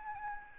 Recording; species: mosquito wingbeat signal from an infrared sensor; Aedes albopictus